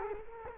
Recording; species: mosquito wingbeat signal from an infrared sensor; Culex quinquefasciatus